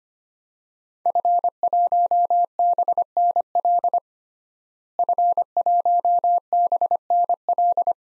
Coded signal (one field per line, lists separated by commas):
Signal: Morse code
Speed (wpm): 25 wpm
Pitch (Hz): 700 Hz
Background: none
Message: F1BNL F1BNL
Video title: DXCC-100 Call Signs - 5 Character Repeated 2x - 25wpm